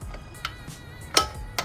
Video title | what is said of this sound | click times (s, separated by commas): Jeep LJ Episode 9: Best WINCH for the money?! Novawinch Stinger 12k Winch INSTALL | you can hear that snap | 1.2 s